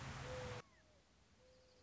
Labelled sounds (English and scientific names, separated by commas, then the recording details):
Mourning Dove (Zenaida macroura)
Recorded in Sonoma County, California